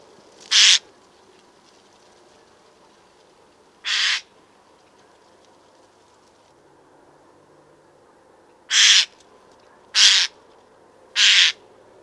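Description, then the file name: Eurasian jay giving five harsh, raspy screeches, each a brief burst, spaced irregularly with long gaps first, then three in quick succession. "Garrulus glandarius"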